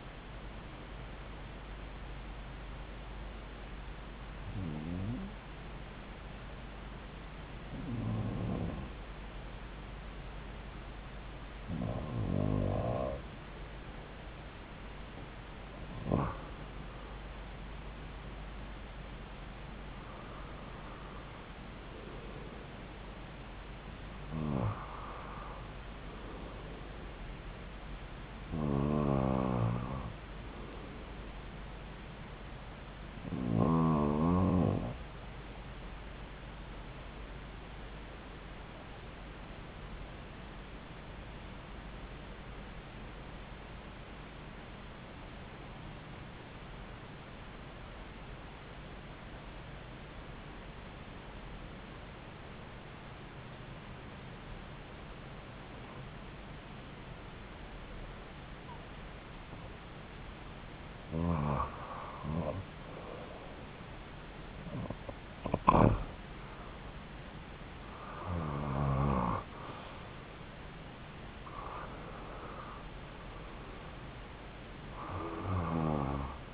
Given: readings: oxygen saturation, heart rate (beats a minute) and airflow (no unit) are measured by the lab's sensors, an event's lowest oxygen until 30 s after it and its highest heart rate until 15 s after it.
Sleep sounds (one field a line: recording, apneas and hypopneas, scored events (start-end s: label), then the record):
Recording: breathing in sleep by a voice recorder at the bedside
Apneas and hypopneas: 2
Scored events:
3.00-16.70 s: hypopnea (REM, oxygen 95% highest, then 92% lowest)
42.00-63.30 s: hypopnea (REM, oxygen 96% highest, then 90% lowest)
From the record:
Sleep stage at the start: REM sleep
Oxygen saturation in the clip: 91 to 96%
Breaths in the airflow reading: 16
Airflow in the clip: -8.4 to 6.4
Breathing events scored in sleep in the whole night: 270 in 6.1 hours asleep